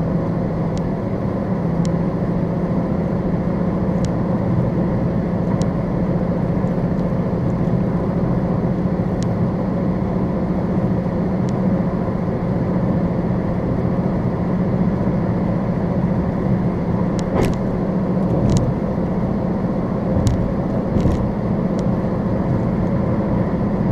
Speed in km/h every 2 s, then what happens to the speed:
97, 98, 97, 97, 100, 100, 101, 101, 101, 101, 103, 101.
0-24 steady at about 100.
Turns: none.